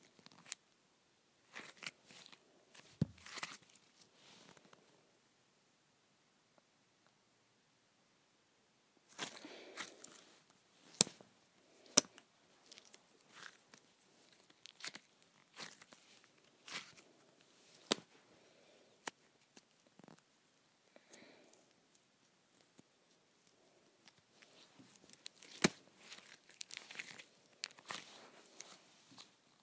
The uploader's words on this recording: ASMR Pulling Apart Putty.